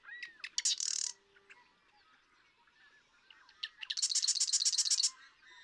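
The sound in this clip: Marsh Wren giving a short burst of chatter, a quiet gap, then ticking notes running into a long, even, rattling trill.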